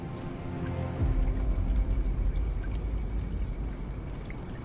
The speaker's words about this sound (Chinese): 他欲言又止，听着外边忽而传来几点雨声，竟下起了晴雨。